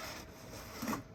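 A plastic locking ring is turned over the lid of a pool cartridge filter tank, making a continuous scraping, rubbing sound that grows louder around 0.8 to 0.95 seconds before easing off. The ring is being handled and turned but has not clicked or seated yet.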